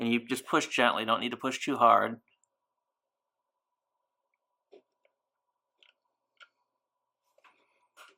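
Someone talks, then after a quiet stretch of gentle pressing on the edges of a wristwatch mainspring barrel, the barrel arbor forces the small metal barrel lid off with a faint pop at 5.8 s. A few more soft ticks follow as the lid comes free, and the lid is released.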